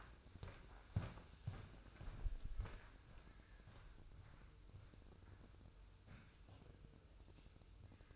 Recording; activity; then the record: daily activity, microphone in the room; walk to room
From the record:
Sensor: 2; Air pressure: 995.4 hPa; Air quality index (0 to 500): 79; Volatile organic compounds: 3 ppm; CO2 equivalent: 1414 ppm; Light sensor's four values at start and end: 23/74/29/28 and 23/76/30/28